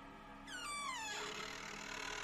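A door in the middle of a house swings open on its hinges with a long, drawn-out creak that slides downward in pitch, followed by a steady rush of airy noise as it settles.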